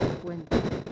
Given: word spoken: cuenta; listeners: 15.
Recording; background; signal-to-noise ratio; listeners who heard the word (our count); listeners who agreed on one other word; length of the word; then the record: one Spanish word in noise, from a listening test; noise modulated by one talker; -9.9 dB; 1 of 15; 6 of 15; 0.53 s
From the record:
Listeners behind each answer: 6, 4, 1, 1, 1, 1, 1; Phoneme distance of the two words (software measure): 10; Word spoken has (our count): 2 syllables, 6 phonemes, stress on syllable 1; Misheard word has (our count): 2 syllables, 6 phonemes, stress on syllable 1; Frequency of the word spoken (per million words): 428.47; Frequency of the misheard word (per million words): 42.57